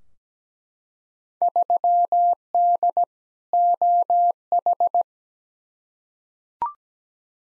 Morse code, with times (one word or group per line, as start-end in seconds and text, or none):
1.4-3.0 3D
3.5-5.0 OH